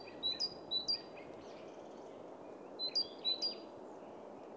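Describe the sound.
Great tit with a few high, clipped two-note calls in two short bursts separated by a pause, set against a continuous hiss and rumble.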